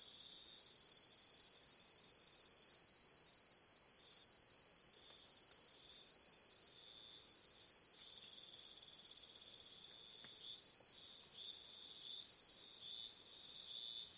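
Crickets and cicadas sing in a dense, unbroken night chorus, high and shrill, with the topmost layer pulsing in quick regular beats. The sound holds steady for the whole stretch, even. Little else stands out beneath the insects.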